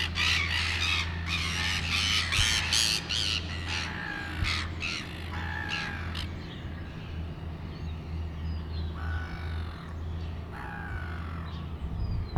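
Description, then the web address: Gull calls: a burst of rapid, harsh squawks at first, then sparser, fainter cries, all above a low droning engine. Recorded at sea near Port Chalmers in 2018. "travelogue 2018 Port Chalmers sea. gulls"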